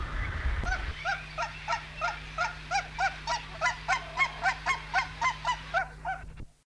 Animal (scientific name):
Branta canadensis